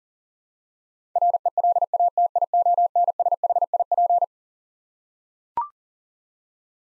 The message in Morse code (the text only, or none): RELATIONSHIP